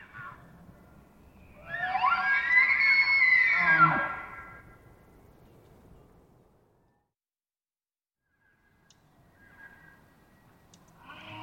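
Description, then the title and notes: Elk giving a loud, arching, whistled bugle with a throaty grunt at its end, then quiet, with a faint bugle starting again at the close. Wild elk bugling, multiple herds surrounding a campsite in early morning hours, Pacific Northwest, Washington, USA; double mid-side recording, processed with light noise expansion. "Wild Elk Bugles. multiple herds surround campsite in early morning hours. Recorded in the Beautiful Pacific Northwest in Washington, Untied States"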